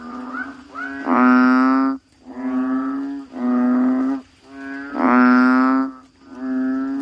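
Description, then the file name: Frog calls, repeated buzzy moaning notes around a second long, two standing out louder. "suara kodok bangkong"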